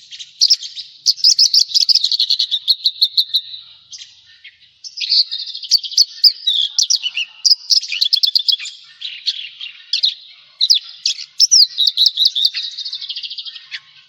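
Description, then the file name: Javan bush lark singing a continuous high, rapid chatter of trilled and buzzy notes, broken by a short pause near four seconds. "suara burung branjangan jawa"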